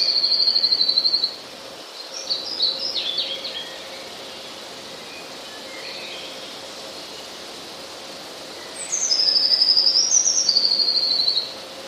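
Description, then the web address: Eurasian blue tit song: a high-pitched fast trill, some softer scattered chirps, then a high note leading into two trills. "wroblowe teka spiew. modraszkoteka"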